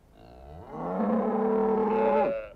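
A single long cow moo, low and droning with a rising onset, holding steady for about two seconds before breaking off sharply. No voices are present.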